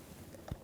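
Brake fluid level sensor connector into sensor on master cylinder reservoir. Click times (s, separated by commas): 0.5 s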